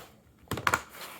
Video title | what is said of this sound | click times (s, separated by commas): Asus Tuff A15 Ram and Second SSD Upgrade | You'll hear it clicking. | 0.7 s